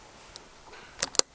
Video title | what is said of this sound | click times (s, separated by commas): How to Maintain the Trailer Valet RVR12 | you should hear a clip a little click sound and once you hear that go ahead and pull it off | 1.0 s, 1.2 s